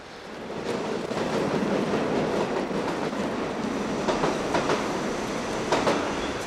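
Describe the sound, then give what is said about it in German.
A delayed Intercity Express high-speed train bound for Hannover rolls into platform 3 of a station with a steady broad rumble, rhythmic clacks from the wheels over the rails, and faint metallic squeals rising now and then. No voices are heard. “Es hat Einfahrt, der verspätete Intercity Express nach Hannover.”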